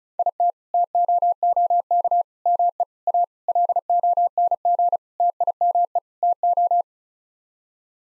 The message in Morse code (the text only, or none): IT TOOK ME A LONG TIME TO